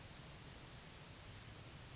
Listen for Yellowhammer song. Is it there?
no